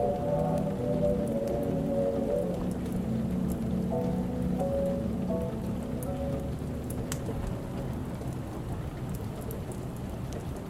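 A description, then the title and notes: Oldies play muffled in another room, a steady low hum of sustained notes shifting every second or so, with a sharp click near seven seconds. Oldies playing in another room.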